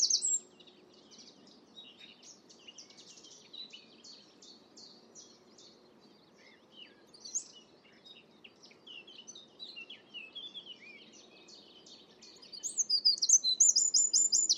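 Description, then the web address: Bird chirps, high and scattered, mostly soft short notes throughout, ending in a louder burst of rapid high twittering. "cianscape birddata Deverinetal 2025"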